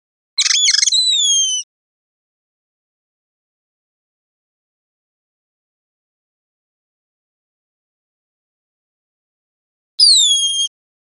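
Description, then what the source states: Bird giving a high, harsh chattering note followed by descending whistles, and after a long silence a single clear downslurred whistle. Costa Rica.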